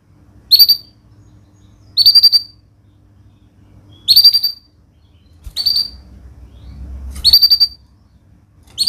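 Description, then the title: Canary giving short high chirped phrases, a brief burst about every one and a half to two seconds, with quiet pauses between. Vigorous singing canary (gacor) praised for the best cengkok phrasing and the most luxurious isian fill-in notes; Indonesian songbird-keeping (kicaumania) context. "Kenari Gacor Cengkok Terbaik Isian Paling Mewah Kenarigacor Kicaumania Kenari"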